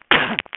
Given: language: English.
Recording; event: throat vibration sensor signal played as sound; cough